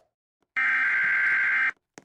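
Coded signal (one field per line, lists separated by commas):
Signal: Emergency Alert System (SAME) tones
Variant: header bursts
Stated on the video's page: Emergency alert from a Roblox game.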